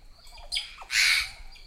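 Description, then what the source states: White-throated Magpie-Jay call: a few shorter rough notes, then a loud, harsh squawk. Central America; flocks are family groups led by a dominant female, with a mate and female offspring helping feed her young in cooperative breeding.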